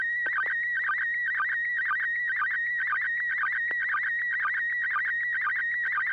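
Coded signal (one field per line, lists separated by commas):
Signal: SSTV (slow-scan television)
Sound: warbling steady tone with quick low blips about twice a second, continuous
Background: low hum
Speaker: I'm watching how slow the radio is to switch to digital mode. That's interesting. All right, here we go.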